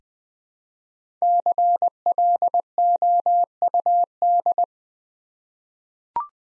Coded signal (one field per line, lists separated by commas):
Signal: Morse code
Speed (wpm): 20 wpm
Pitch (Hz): 700 Hz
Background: none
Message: CLOUD